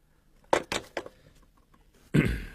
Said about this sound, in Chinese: 哦，好了，不能聊了，有人敲门，改日再见。